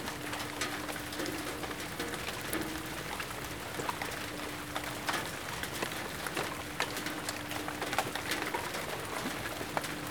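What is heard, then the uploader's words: Rain falls steadily in a back yard, a dense, even hiss with frequent sharp drips and taps scattered throughout. A faint low, steady hum runs underneath for most of the clip, and the overall level stays constant from start to finish. Rain, back yard.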